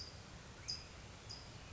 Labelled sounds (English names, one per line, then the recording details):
California Towhee
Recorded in Sonoma County, California